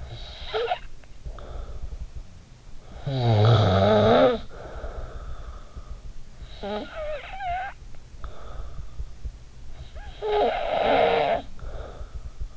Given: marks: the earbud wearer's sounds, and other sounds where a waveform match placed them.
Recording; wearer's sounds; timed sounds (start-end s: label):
sounds in sleep by an in-ear microphone; snoring breath
0.00-1.99 s: snoring breath
2.54-5.85 s: snoring breath
6.11-9.25 s: snoring breath
9.85-12.56 s: snoring breath